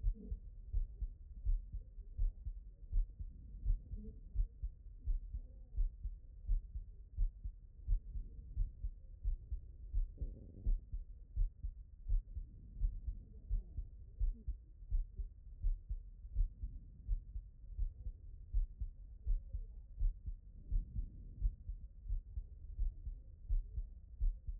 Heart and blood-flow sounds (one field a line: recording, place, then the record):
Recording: heart sounds by stethoscope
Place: pulmonary valve (PV)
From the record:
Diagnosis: HFrEF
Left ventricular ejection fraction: 40%